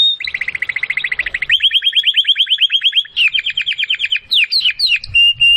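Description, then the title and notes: Domestic canary singing a string of fast repeated rolling trills, changing pitch and speed every second or so, ending with sharp upslurred notes and a steady whistle. Belgian canary singing; labelled 'Campainha'. "Canário Belga Campainha Canary Singing. Canario Belga Cantando"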